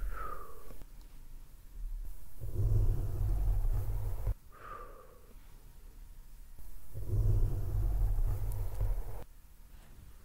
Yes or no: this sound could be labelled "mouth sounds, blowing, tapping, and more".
yes